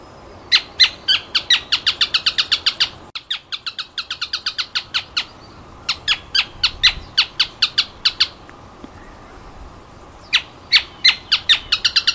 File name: Canto do cisqueiro